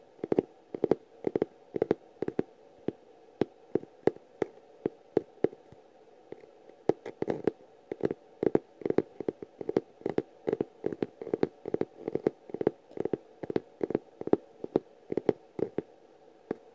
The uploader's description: Tapping ASMR sounds